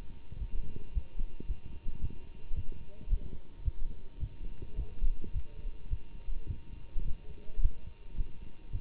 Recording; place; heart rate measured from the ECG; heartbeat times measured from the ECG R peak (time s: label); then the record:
heart sounds by stethoscope; between the tricuspid and mitral areas; 108 bpm
0.38 s: heartbeat
0.93 s: heartbeat
1.47 s: heartbeat
2.00 s: heartbeat
2.55 s: heartbeat
3.09 s: heartbeat
3.64 s: heartbeat
4.19 s: heartbeat
4.75 s: heartbeat
5.32 s: heartbeat
5.89 s: heartbeat
6.47 s: heartbeat
7.04 s: heartbeat
7.61 s: heartbeat
8.16 s: heartbeat
8.71 s: heartbeat
From the record:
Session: Bruce protocol treadmill stress test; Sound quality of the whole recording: good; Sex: male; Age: 24 years